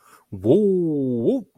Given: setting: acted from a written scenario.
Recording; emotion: vocal sound without words; triumph